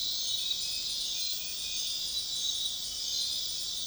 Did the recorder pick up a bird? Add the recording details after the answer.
no. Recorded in dense forest near Puerto Asís, Putumayo, Colombia, on 21 February 2024 at 02:30. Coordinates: 0.502, -76.324. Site G6370